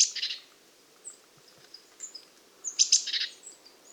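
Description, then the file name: Eurasian blue tit call: high sharp notes followed by a short dry churr, given twice about three seconds apart, with soft high twitters in the gaps. "Cyanistes caeruleus"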